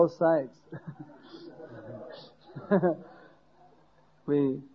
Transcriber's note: laughter